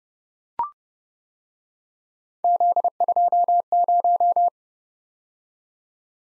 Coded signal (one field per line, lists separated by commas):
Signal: Morse code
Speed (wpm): 31 wpm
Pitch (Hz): 700 Hz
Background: none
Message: Z20